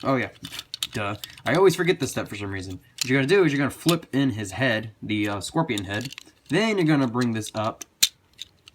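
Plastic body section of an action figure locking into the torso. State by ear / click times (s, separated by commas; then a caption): seated / 8.0 s. Someone talks while transforming a Transformers: Robots in Disguise Warrior-class Scorponok action figure, flipping in the scorpion head and then swinging a plastic body section up into the torso. A sharp plastic click at 8.0 s marks the section locking into place, followed by a few faint ticks.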